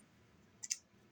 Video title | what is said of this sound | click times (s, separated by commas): HOLOSUN 407K X2 install video (glock 43x mos) | snaps right in we'll | 0.7 s